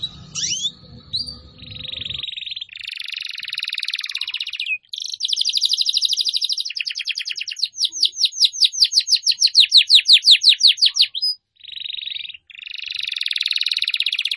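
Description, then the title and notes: Canary song, a long varied run of high rolling trills and buzzy rattles, several speeding into rapid repeated sweeps, with brief pauses between phrases. Canary song used to lure birds. "Pikat Burung Baru. kenari"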